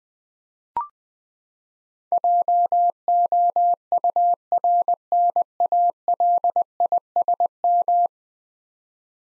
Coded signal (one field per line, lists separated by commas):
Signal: Morse code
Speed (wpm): 20 wpm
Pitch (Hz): 700 Hz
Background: none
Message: JOURNALISM